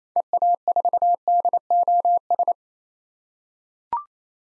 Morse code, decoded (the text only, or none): EA4DOS